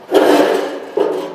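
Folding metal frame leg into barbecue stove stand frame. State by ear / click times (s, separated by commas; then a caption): not seated / none. A folding metal frame leg of a barbecue stove stand is pressed into position with the feet, making a broad scraping, rubbing metallic sound from about 0.1 s that fades by 0.9 s, then a second scrape-like burst at about 1.0 s. The frame is being handled but has not gone home yet, and nothing has seated or clicked.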